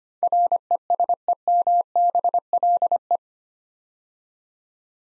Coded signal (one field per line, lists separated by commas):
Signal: Morse code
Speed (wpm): 25 wpm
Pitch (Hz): 700 Hz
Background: none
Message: RESEMBLE